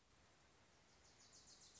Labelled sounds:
Wilson's Warbler
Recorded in Sonoma County, California

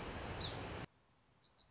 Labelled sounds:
Lazuli Bunting
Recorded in Sonoma County, California

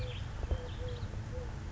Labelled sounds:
Eurasian Collared Dove
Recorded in Sonoma County, California

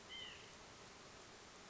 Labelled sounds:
White-breasted Nuthatch
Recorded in Sonoma County, California

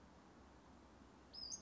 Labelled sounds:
Western Flycatcher
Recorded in Sonoma County, California

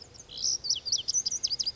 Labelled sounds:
Lazuli Bunting
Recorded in Sonoma County, California

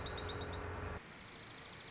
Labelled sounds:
Dark-eyed Junco
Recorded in Sonoma County, California

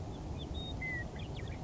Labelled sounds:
Western Meadowlark
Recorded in Sonoma County, California

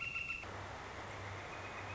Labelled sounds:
Northern Flicker
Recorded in Sonoma County, California

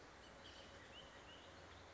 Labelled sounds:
Bullock's Oriole
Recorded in Sonoma County, California

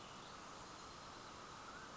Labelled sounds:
Mountain Quail
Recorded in Sonoma County, California

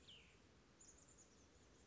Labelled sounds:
Cassin's Vireo
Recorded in Sonoma County, California

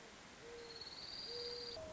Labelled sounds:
Mourning Dove
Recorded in Sonoma County, California

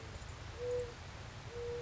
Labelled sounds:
Mourning Dove
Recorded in Sonoma County, California

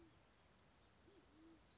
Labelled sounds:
Band-tailed Pigeon
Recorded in Sonoma County, California

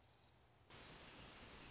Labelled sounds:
Orange-crowned Warbler
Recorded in Sonoma County, California

